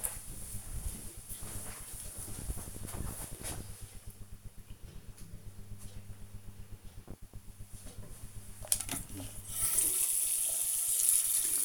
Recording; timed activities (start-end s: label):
household activities, microphone on the right wrist
7.44-11.65 s: brushing teeth